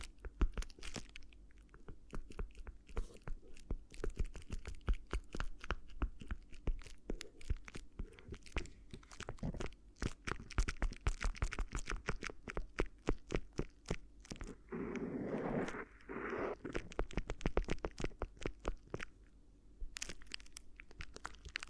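Crinkly ear massage: dense, irregular crackling and crunching taps throughout, with a brief louder rustling swell around fifteen to seventeen seconds.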